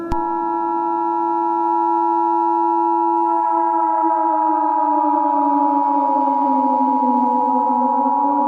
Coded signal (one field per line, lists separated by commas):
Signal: Emergency Alert System (SAME) tones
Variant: 853 and 960 Hz attention tone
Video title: Eas Scenario: The Dog! (part 2)